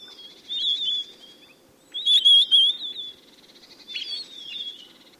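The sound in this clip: Bird giving high, warbling whistled phrases in three bursts, the middle one loudest and trilled, over a low steady background hum.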